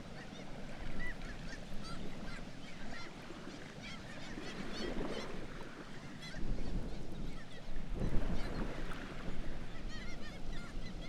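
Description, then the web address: Black-legged kittiwakes calling, repeated nasal arched notes from several birds, with surges of low rumbling noise midway and near the end. "Black legged kittiwake. صدای-پرنده-کاکایی-پاسیاه"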